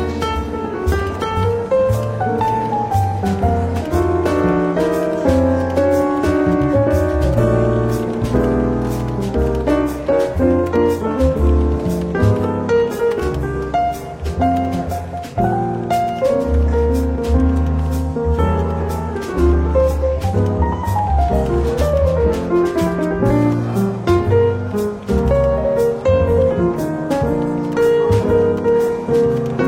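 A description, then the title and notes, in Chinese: Soft, relaxed jazz plays without pause in a London bookshop café, its smooth melody lines weaving over a steady, walking bass. The level stays even throughout, with a faint murmur of voices behind the music. 伦敦书店咖啡馆轻微喧闹氛围与柔和轻松的爵士背景音乐。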